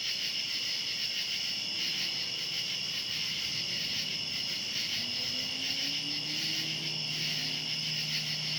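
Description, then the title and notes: Night cicada chorus, an unbroken shrill buzzing, with a faint low tone sliding upward late. Cicadas recorded outdoors at night. "Ext. Cicadas, Night by Bandeto"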